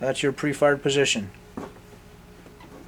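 During reassembly of an 1870 Husqvarna rolling block rifle, someone talks for about the first 1.3 seconds while handling the hammer, which is meant to be pulled back until the sear catches it at full cock. After the talking, a brief faint tap is heard at 1.6 s against low background noise. The hammer has not yet caught at full cock and nothing has clicked by the end of the clip.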